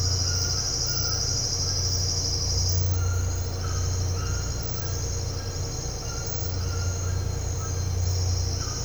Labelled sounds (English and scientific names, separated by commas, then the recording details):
none
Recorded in dense forest near Puerto Asís, Putumayo, Colombia, on 13 March 2025 at 07:30
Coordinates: 0.468, -76.322
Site GP01